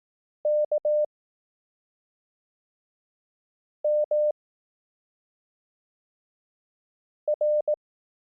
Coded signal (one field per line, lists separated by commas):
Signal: Morse code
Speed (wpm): 18 wpm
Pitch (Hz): 600 Hz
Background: none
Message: K M R